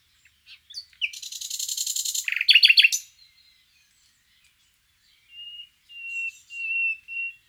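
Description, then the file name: Common nightingale song: a dense buzzy rattle and loud churring notes, then after a pause several soft, drawn-out whistles. "Luscinia megarhynchos"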